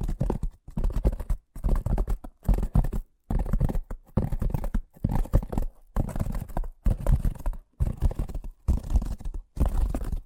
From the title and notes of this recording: ASMR Braingasm Inducing Fast Tapping (No Talking).